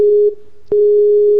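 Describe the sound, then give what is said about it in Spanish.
A telephone ringback tone on an outgoing call: a steady, low-pitched electronic hum that cuts out briefly, then resumes at the same loudness, with no voices. “Segundo tono. Suena muy raro, ¿no? Dos tonos.”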